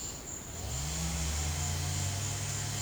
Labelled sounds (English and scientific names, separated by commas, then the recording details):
none
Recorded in secondary vegetation near Puerto Asís, Putumayo, Colombia, on 18 December 2024 at 13:00
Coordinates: 0.489, -76.322
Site G059